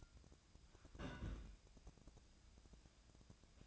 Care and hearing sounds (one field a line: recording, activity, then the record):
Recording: daily activity, microphone in the room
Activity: place on stove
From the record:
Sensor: 2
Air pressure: 999.9 hPa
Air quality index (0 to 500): 124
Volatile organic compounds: 2 ppm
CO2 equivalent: 1070 ppm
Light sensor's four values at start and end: 36/89/39/44 and 36/89/39/44